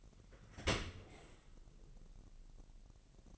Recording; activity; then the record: daily activity, microphone in the room; open dishwasher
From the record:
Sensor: 4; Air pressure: 1001.4 hPa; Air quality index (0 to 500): 248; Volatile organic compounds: 41 ppm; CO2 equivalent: 3164 ppm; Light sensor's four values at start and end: 7/16/6/6 and 8/18/7/6